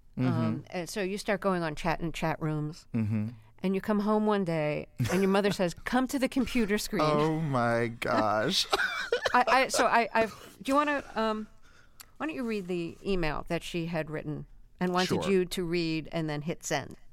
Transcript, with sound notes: And so you start going on chat - in chat rooms. And you come home one day...
(Laughter).
...And your mother says, come to the computer screen.
Oh, my gosh (laughter).
I - so I - do you want to - why don't you read the email that she had written...
Sure.
...And wanted you to read and then hit send.